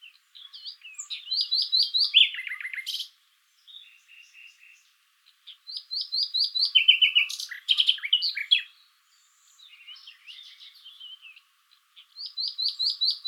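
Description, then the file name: Common nightingale song in separate bursts: fast series of rising notes, lower rapid repeated notes, and scattered chirps, with short silent pauses between the phrases. "Luscinia megarhynchos"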